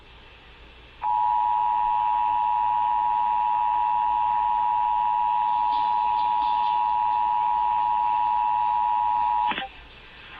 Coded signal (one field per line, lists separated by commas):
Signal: Emergency Alert System (SAME) tones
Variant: 853 and 960 Hz attention tone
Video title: IMAGINE MISSOULA... EAS Tests from September 2024 (EAS #5,014 - 5,053)